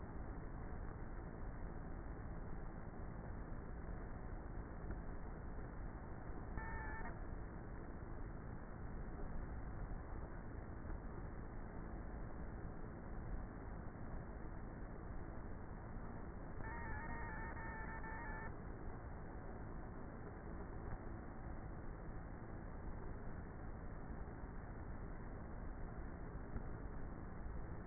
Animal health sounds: honeybee colony, microphone inside the hive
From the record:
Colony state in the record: queenless with a low population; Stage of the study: before two queens were removed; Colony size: about 30,000 bees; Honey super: no

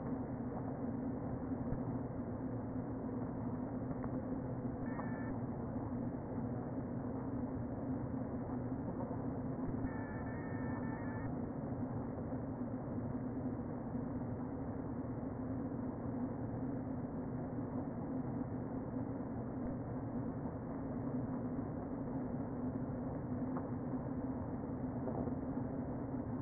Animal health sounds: honeybee colony, microphone inside the hive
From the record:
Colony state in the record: queen present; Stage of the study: before two queens were removed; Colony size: about 60,000 bees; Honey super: yes

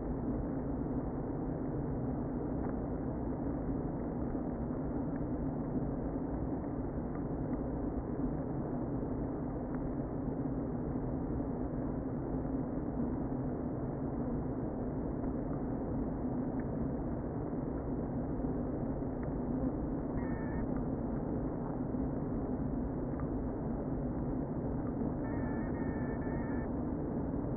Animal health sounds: honeybee colony, microphone inside the hive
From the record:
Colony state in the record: queen present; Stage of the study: before two queens were removed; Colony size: about 60,000 bees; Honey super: yes

